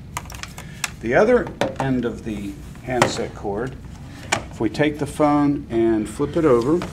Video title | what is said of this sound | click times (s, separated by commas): Home Setup: Thin Client, Phone & 2 Monitors | give it a push it'll click into place | 0.2 s